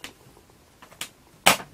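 A plastic inner shell part of an Atari 2600 game cartridge, with its small plastic tabs lined up, is pressed back into the cartridge shell while the cartridge is reassembled after cleaning. A few small faint ticks and a sharper tick near 1.0 s come first, then a loud sharp snap at 1.5 s. The part snaps in and is confirmed back in position.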